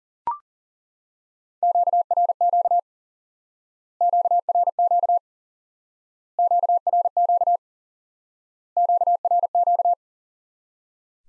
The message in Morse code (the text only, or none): QRQ QRQ QRQ QRQ